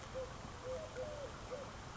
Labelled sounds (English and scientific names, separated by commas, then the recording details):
Eurasian Collared Dove (Streptopelia decaocto)
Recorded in Sonoma County, California